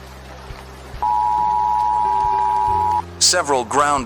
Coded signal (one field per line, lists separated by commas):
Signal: Emergency Alert System (SAME) tones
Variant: 853 and 960 Hz attention tone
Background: speech